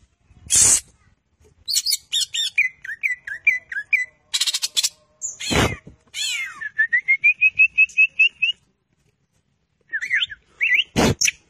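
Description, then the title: Greater green leafbird song mixing sharp squawks, buzzy bursts and a sweet series of rising whistled notes, with short pauses between phrases. Champion song, lively and continuous (gacor), used as a training recording for caged songbirds (masteran). "Cucak Ijo Juara Suara Kicau Cucak Ijo Gacor Masteran Cucak Hijau"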